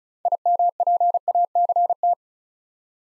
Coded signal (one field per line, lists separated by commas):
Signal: Morse code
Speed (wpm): 36 wpm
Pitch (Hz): 700 Hz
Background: none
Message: IMPACT